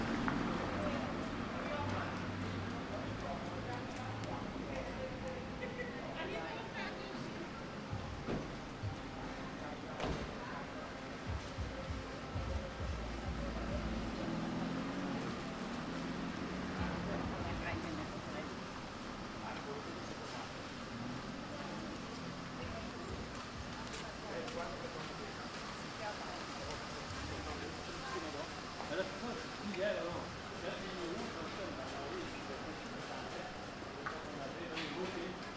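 A street walk through a town, with people chatting in a steady murmur of voices throughout. Low traffic rumble and passing vehicles sit underneath, along with scattered footsteps and small knocks, keeping the scene busy and fairly even in loudness.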